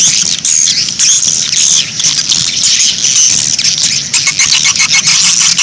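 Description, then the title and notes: Swiftlets chirping and twittering densely at a high pitch, with a few thin whistled notes over a low background hum. Swiftlet sound used in swiftlet farming in Asia. "Swiflet Bird Sound. Farming Swiflet Bird asia sound"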